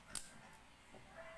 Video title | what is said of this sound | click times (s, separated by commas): Repair The Most Common Xbox Controller Problem | there's the click | 0.2 s